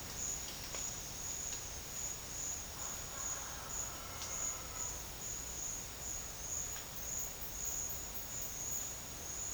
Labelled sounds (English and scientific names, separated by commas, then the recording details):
none
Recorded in dense forest near Puerto Asís, Putumayo, Colombia, on 8 March 2025 at 13:30
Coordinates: 0.484, -76.325
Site G045